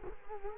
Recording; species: mosquito wingbeat signal from an infrared sensor; Culex quinquefasciatus